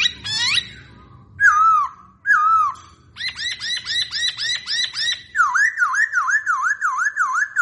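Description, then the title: Masked laughingthrush song of sweeping whistles followed by a long rapid series of repeated looping notes, loud and clear against a soft low background rumble. Young bird, singing in the morning. "Kicauan Pagi Poksay Hongkong Muda"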